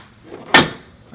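After Nilight H13 LED bulbs are fitted on an Excursion, the headlight assembly is lined up on its plastic clips and tabs and pushed into the vehicle's front body. A single sharp, bright click sounds at 0.6 s against quiet background, then fades out. The headlight housing clips snap into place and the assembly is seated.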